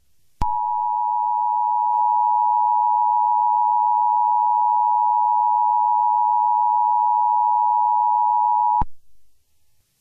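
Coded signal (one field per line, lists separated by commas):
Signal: Emergency Alert System (SAME) tones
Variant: 853 and 960 Hz attention tone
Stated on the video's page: Fictional EAS alert about a fictional event.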